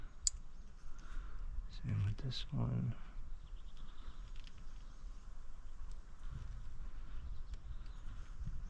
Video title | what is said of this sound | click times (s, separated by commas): Connector Replacement + car update / 2006 Subaru Impreza WRX STI | right back into place. You'll hear a click. | 0.3 s